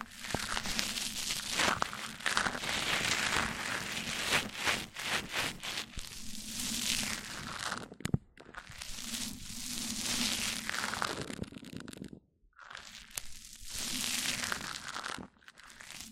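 Mic-on-mic triggers: dense scratching, rubbing and crinkly crunching that sweeps back and forth in long strokes, bright and textured with a low rumbling hum beneath. Brief pauses break the rubbing near 8 and 12 seconds before it resumes.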